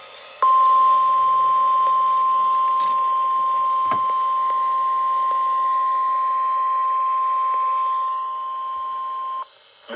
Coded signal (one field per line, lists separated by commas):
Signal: Emergency Alert System (SAME) tones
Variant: 1050 Hz attention tone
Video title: (EAS #582) Required Weekly Test WXL70 4/30/25